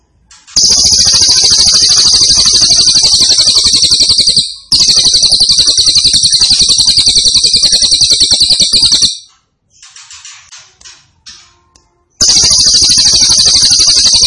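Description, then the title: Grey-cheeked tit-babbler pouring out long, loud, buzzing trills of rapid pulses, with a brief pause between bursts and a softer run of chattering notes before the trill returns. Described as gacor, actively and vigorously singing, with a strong voice. "Cililin AMPUH. Cililin Gacor Suara Mantap"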